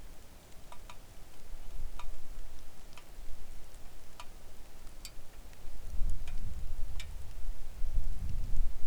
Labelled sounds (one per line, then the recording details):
wind
rain
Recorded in the Arctic National Wildlife Refuge, Alaska, on 3 August 2019 at 10:00
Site 41